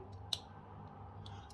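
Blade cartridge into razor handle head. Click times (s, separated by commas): 0.3 s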